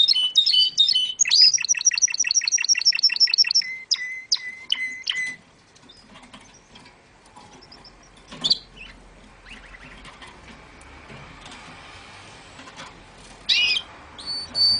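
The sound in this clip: Domestic canary singing fast high trills and whistled notes for about five seconds, then mostly quiet with faint background sound and a couple of brief chirps.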